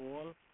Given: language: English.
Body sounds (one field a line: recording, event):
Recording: throat vibration sensor signal played as sound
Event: speech